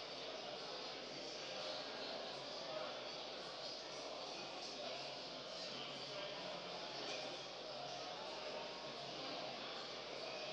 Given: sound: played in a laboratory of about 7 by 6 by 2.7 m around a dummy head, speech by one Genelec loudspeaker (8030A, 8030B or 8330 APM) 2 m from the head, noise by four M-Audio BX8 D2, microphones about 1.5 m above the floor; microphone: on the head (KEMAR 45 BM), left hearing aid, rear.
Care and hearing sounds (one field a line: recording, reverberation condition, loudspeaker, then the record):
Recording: cafeteria noise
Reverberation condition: high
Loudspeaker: four, about 170 cm from the corners of the room and facing them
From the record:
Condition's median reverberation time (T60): about 1300 ms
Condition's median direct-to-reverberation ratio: about -4.0 dB